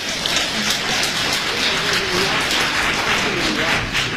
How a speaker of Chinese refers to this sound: 其实这里边我提前说一句，我们的乐队老师大家看见刚才除了一场单弦一直都是没有下去过，建议我们把最热烈的掌声献给他们。